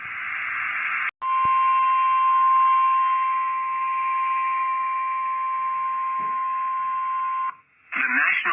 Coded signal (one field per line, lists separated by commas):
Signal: Emergency Alert System (SAME) tones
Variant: 1050 Hz attention tone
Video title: So Many Severe Thunderstorms/Tornadoes/Special Marines/Tornado Watches (11/30/22) (EAS 7-23)